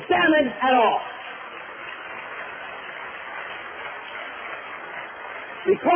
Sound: applause